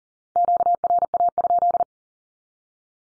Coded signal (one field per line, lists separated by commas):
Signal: Morse code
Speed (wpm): 40 wpm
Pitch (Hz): 700 Hz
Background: none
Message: QRA?